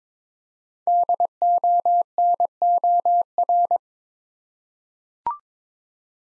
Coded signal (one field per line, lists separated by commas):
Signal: Morse code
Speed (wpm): 22 wpm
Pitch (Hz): 700 Hz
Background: none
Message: DONOR